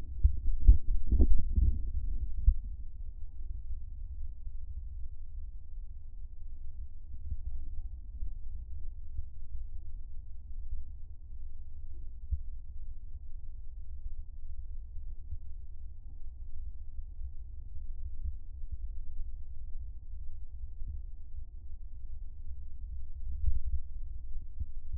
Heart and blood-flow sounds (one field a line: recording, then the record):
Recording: fetal heart sounds by stethoscope on the mother's abdomen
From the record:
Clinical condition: abdominal pain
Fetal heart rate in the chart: 144 bpm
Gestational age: 39 weeks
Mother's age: 27 years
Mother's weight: 55 kg